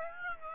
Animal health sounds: mosquito wingbeat signal from an infrared sensor; Aedes aegypti

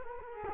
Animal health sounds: mosquito wingbeat signal from an infrared sensor; Culex quinquefasciatus

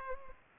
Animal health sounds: mosquito wingbeat signal from an infrared sensor; Culex pipiens

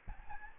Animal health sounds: mosquito wingbeat signal from an infrared sensor; Aedes albopictus

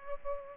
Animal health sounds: mosquito wingbeat signal from an infrared sensor; Aedes aegypti

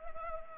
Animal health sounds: mosquito wingbeat signal from an infrared sensor; Anopheles arabiensis

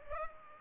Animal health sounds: mosquito wingbeat signal from an infrared sensor; Culex pipiens

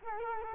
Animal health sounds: mosquito wingbeat signal from an infrared sensor; Culex quinquefasciatus

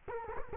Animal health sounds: mosquito wingbeat signal from an infrared sensor; Culex quinquefasciatus

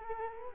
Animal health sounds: mosquito wingbeat signal from an infrared sensor; Culex quinquefasciatus

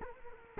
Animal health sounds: mosquito wingbeat signal from an infrared sensor; Culex quinquefasciatus

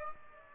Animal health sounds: mosquito wingbeat signal from an infrared sensor; Aedes aegypti

